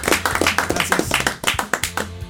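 A short burst of applause welcoming a guest to a programme: brisk, steady hand claps in quick succession, moderately loud and sharp, with no talking over them.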